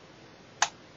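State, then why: Released. The retaining tabs of an SO-DIMM slot in a Lenovo Y570 laptop are pulled back, and the memory module springs up with one sharp click at 0.6 s. The module is released from its slot.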